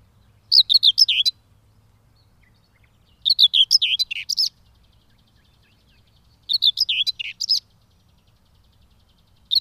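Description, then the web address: Common whitethroat singing brisk, chattering, scratchy phrases of about one second, three full bursts spaced around three seconds apart, a fourth just beginning at the end. "agykontroll Madardalok Cd 2. Mezei poszáta"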